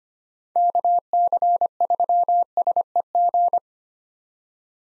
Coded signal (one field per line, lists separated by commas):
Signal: Morse code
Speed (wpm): 25 wpm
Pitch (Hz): 700 Hz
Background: none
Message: KC3SEG